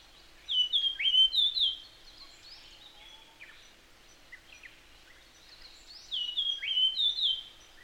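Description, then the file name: Japanese grosbeak song: two bursts of clear, fluting whistled notes that slide up and down in short linked phrases, separated by a few seconds of quieter faint chirps. "ikaru"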